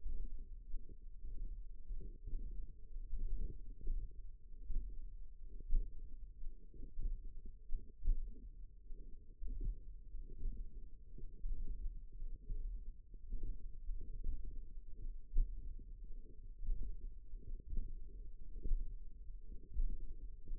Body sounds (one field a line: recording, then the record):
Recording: forearm muscle sounds (acoustic myography)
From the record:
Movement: hand opening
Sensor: system 1, eight BSWA MPA416 microphones around the upper forearm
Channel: 8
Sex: female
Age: 21 years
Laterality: right